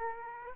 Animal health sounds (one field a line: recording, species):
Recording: mosquito wingbeat signal from an infrared sensor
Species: Aedes aegypti